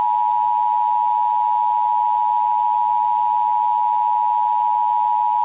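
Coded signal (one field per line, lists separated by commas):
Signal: Emergency Alert System (SAME) tones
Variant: 853 and 960 Hz attention tone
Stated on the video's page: Fictional EAS scenario, an analog horror recreation with loud tones.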